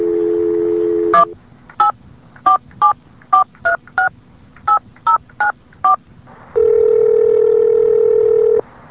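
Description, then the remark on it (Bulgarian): In a demonstration of the Master Call Communications telephone company, a steady dial tone gives way to about eleven quick, bright keypad beeps as a phone number is dialed in an uneven rhythm, then a long, even tone sounds. No voices. “Please enter your destination number now.”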